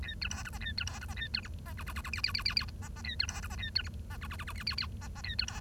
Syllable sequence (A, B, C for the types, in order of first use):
A B C D E A B C D E A B F E G G G G H H H H H I E E A B C D E A B F E G G G G H H H E E A B C